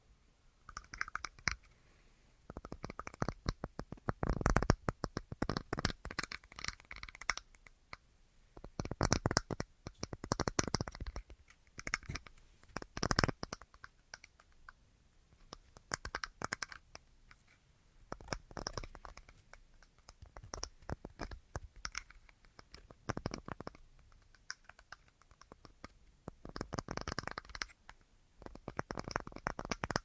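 Tapping on assorted objects comes in quick, uneven bursts of sharp clicks and scratchy taps, with brief pauses between clusters every few seconds. The taps range from dull thuds to bright, crisp ticks, with occasional rubbing or shuffling sounds mixed in.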